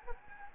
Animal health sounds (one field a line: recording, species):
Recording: mosquito wingbeat signal from an infrared sensor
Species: Anopheles gambiae